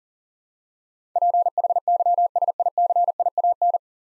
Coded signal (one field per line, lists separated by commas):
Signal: Morse code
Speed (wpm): 40 wpm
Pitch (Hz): 700 Hz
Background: none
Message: PHYSICIAN